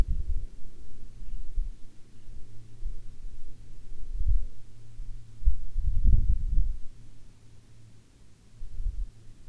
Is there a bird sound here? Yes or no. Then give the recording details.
yes. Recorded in the Arctic National Wildlife Refuge, Alaska, on 9 August 2019 at 11:02. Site 40